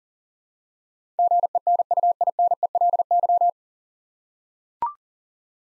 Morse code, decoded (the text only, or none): GENUINELY